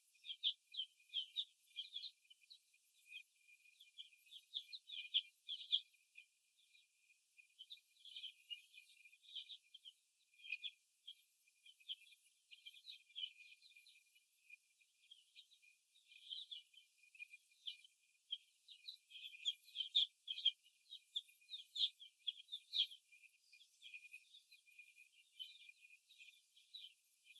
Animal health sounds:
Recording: young laying hens in a cage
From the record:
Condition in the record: after the stressor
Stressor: simulated dog barking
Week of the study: 1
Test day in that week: 2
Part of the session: 2

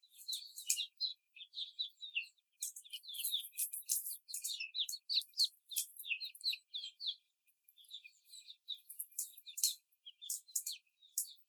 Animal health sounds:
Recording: young laying hens in a cage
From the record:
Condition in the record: before the stressor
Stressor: simulated dog barking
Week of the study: 4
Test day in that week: 2

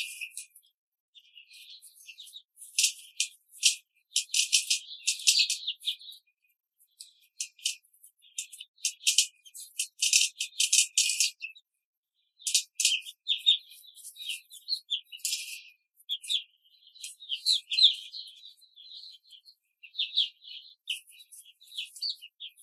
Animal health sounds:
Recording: young laying hens in a cage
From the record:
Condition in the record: control cage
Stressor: none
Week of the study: 5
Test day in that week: 1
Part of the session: 3

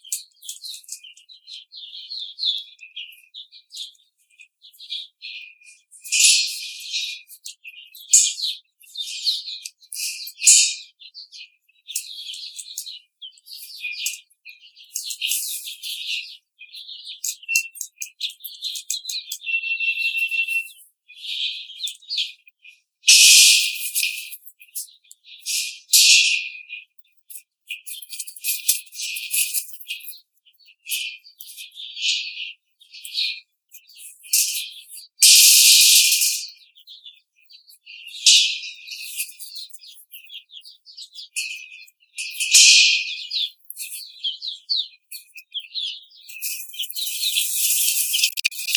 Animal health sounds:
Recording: young laying hens in a cage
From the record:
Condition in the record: treatment cage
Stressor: simulated dog barking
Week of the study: 5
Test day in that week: 1

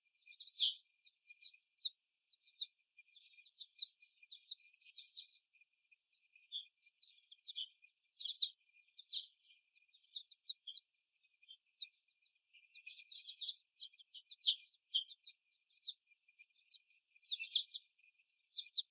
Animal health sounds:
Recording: young laying hens in a cage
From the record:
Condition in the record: after the stressor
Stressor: simulated dog barking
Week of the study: 1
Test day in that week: 1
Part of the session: 1

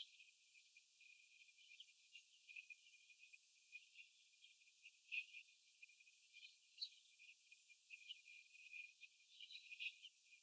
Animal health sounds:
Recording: young laying hens in a cage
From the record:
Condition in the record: after the stressor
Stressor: sudden umbrella opening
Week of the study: 3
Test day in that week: 2

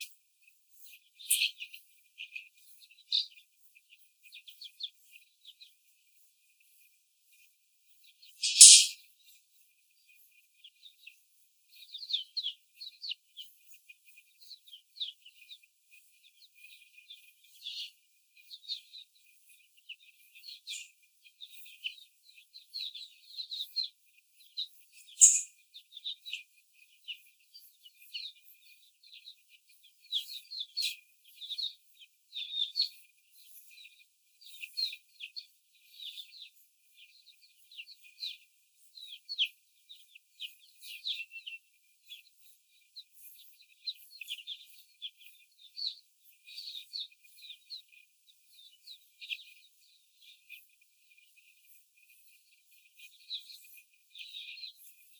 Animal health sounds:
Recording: young laying hens in a cage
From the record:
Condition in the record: before the stressor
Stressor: simulated dog barking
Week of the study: 4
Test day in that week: 1

